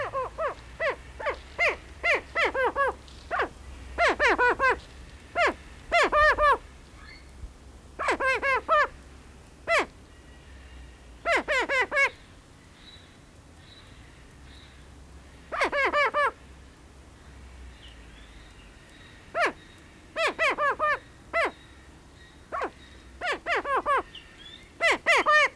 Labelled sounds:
Greater Prairie Chicken (Tympanuchus cupido) call
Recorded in captivity
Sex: male
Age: adult
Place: Tierpark Berlin, Berlin, DE
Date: 1993-12-18 10:36
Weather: overcast, 2 °C
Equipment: Marantz CP 430, Sennheiser MKH 416 T, Kopie Uher Variocord 263
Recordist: Tembrock, Günter

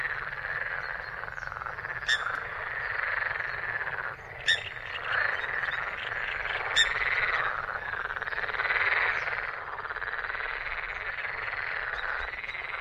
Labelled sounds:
Eurasian Coot (Fulica atra) call
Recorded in the wild
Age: adult
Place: Hobrechtsfelder Rieselfelder, Naturpark Barnim, Berlin, DE
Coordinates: 52.6678, 13.4681
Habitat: lake
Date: 2012-04-28 20:00
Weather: 25°C, sunny, almost windless
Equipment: Sound Devices 702, Sennheiser MKH 70, Rycote Windschutz
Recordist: Frommolt, Karl-Heinz

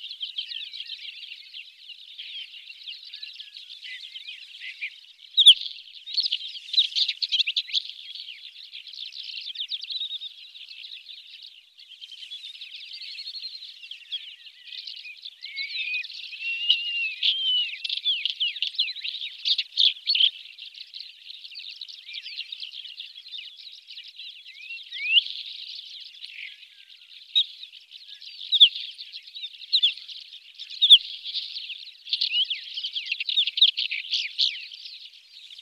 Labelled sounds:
Isabelline Wheatear (Oenanthe isabellina) song
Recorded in the wild
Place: Taukumwüste, KZ
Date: 2000-05-18
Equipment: MiniDisc Sharp MT 20 H
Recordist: Schwarz, Dieter
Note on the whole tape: Song

